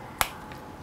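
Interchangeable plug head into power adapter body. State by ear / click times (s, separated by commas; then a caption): seated / 0.2 s. A swappable plug head is lined up on the power adapter of an Artisul D13 pen display, pushed down and twisted. A single sharp, bright click sounds at 0.2 s against quiet background, and the plug head locks into place on the adapter.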